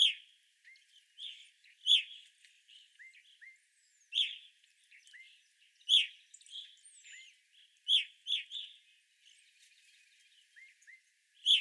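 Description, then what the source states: Evening grosbeak calls, bold chirps spaced unevenly, with short quiet upslurred notes between them and a faint thin whistle above. Evening grosbeaks, 25 April 2021.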